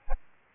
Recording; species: mosquito wingbeat signal from an infrared sensor; Aedes albopictus